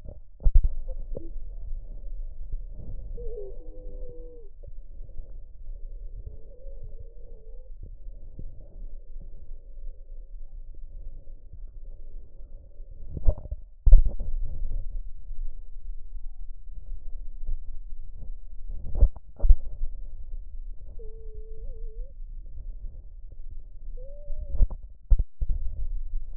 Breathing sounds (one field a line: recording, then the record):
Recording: lung sounds by stethoscope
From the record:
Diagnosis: emphysema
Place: left posterior upper chest